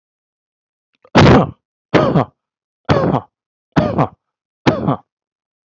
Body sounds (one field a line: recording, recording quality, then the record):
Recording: shallow voluntary cough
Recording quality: excellent, no background noise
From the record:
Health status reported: healthy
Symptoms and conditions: hypertension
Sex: male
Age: 47 years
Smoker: not ticked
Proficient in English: yes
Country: India